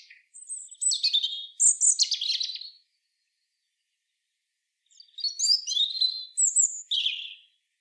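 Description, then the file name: European robin delivering two tinkling, high-pitched warbled phrases about two seconds apart, each mixing thin whistles with rapid chattering trills. "Erithacus rubecula"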